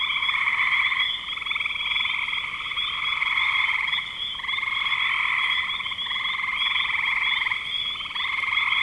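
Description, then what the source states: Frog: a continuous chorus of frogs, high pulsing trills with several brief dips in loudness before swelling again. Recorded in spring 2025.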